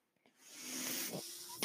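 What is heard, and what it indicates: A soft rush of air swells over about a second, then settles into a steady hiss with a faint low hum before a sharp click. This is the airflow of a home mechanical ventilator delivering a breath.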